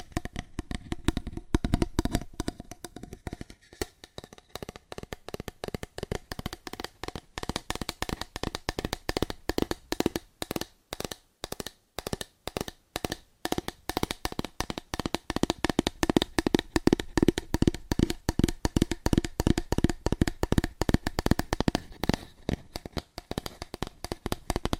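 Fingers tap rapidly and hard on cardboard, producing a dense stream of sharp, dry hits with a hollow low thump beneath. The rhythm stays fast and fairly steady for the whole stretch, briefly thinning into separate, distinct taps around the middle before surging back.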